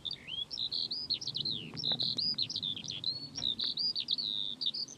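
Eurasian skylark singing a fast, continuous warble of twittering phrases and quick rolled trills, high-pitched and running on without a break.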